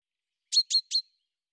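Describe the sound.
Bird calls: three quick, high, sharp chirps in a tight burst, with silence before and after.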